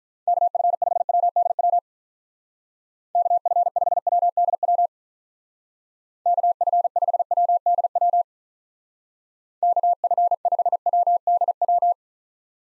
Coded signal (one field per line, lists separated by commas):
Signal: Morse code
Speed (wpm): 45 wpm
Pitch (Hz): 700 Hz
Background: none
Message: KF5WDW KF5WDW KF5WDW KF5WDW